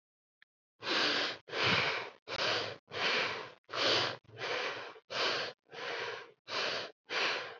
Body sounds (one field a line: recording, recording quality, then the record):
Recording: shallow breathing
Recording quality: excellent, no background noise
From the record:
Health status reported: COVID-19 positive, no symptoms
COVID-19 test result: positive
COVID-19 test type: RT-PCR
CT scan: not taken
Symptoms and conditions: none ticked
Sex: female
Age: 25 years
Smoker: no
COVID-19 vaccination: both doses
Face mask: not worn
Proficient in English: yes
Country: India